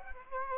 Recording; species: mosquito wingbeat signal from an infrared sensor; Aedes aegypti